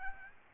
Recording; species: mosquito wingbeat signal from an infrared sensor; Aedes albopictus